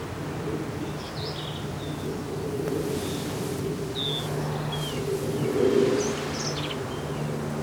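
Black-capped vireo song: short, varied, scratchy high phrases given in irregular bursts, faint over a steady low rumble of background noise.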